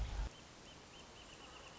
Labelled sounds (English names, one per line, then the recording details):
Wrentit
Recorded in Sonoma County, California